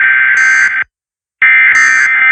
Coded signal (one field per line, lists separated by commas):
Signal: Emergency Alert System (SAME) tones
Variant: end-of-message bursts